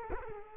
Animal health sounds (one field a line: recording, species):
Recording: mosquito wingbeat signal from an infrared sensor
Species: Culex quinquefasciatus